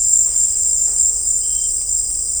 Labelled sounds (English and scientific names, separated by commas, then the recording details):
none
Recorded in dense forest near Puerto Asís, Putumayo, Colombia, on 21 December 2024 at 18:00
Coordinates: 0.500, -76.322
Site G053